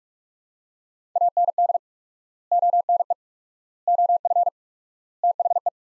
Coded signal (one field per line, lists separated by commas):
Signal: Morse code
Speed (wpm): 46 wpm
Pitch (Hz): 700 Hz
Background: none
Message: AND ONE OF THE